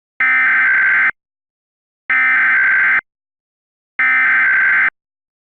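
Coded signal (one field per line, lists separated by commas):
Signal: Emergency Alert System (SAME) tones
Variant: header bursts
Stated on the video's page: Valid EAS tones in an entirely fictional scenario.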